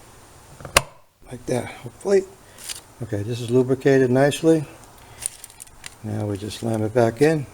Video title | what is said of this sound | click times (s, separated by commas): Ford Powerstroke 2008 fuel filters Replacement | this new filter just snap into place like that | 0.8 s